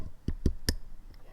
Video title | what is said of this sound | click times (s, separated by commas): How to installer New Headlight pigtails, New headlight switch harness. 86 Monte Carlo SS | heard that click see so now it's on there by itself and | 0.7 s